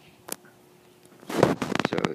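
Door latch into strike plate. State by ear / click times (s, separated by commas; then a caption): not seated / none. A door shut by a mounted Stanley door closer swings closed, with a sharp knock near 0.3 s and a cluster of impact sounds from about 1.3 s onward while someone talks. The door latch does not catch in the strike plate, and nothing has latched or clicked yet.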